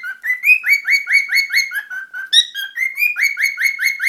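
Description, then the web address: Cockatiel chirps, fast repeated rising whistles with one higher, sharper note midway, then the even chirping carries on. "korella"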